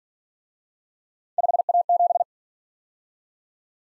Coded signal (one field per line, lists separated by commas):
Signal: Morse code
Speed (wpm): 45 wpm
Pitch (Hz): 700 Hz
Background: none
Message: 5A7